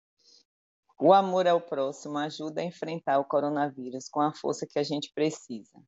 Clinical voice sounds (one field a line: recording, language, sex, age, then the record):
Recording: spoken sentence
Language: Brazilian Portuguese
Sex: female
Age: 50 to 59 years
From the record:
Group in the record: control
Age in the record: 55 years